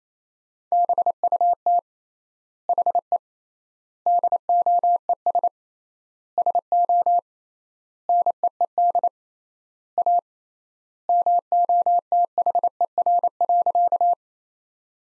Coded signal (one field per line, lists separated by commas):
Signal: Morse code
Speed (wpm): 28 wpm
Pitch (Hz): 700 Hz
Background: none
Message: BUT HE DOES SO NEED A MOTHER.